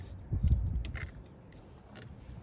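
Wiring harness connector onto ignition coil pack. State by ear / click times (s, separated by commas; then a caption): seated / 0.8 s. A wiring harness connector is slid back onto the ignition coil pack of a 2012 F-150 Coyote truck engine, with some low rumbling handling noise before it. It latches with a sharp little click at 0.9 s, and the connector is seated, ready for its red tab to be slid back down.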